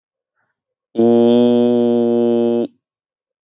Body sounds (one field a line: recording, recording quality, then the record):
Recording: sustained vowel as in beet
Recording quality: excellent, no background noise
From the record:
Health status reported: COVID-19 positive, mild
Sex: male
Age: 23 years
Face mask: not worn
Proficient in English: yes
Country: India